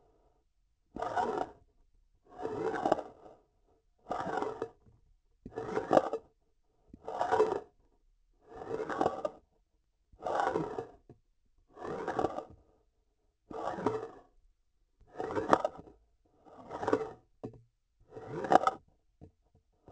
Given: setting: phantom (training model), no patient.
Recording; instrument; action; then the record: laparoscopic instrument, vibration sensor on the handle end; grasping forceps; approaching and retracting movements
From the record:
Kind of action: spatial motion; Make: Olympus